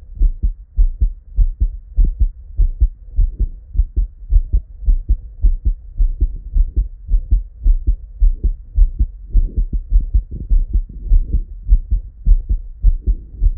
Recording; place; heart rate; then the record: heart sounds by stethoscope; Erb's point; 106 bpm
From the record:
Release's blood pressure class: normal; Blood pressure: 116/69 mmHg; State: at rest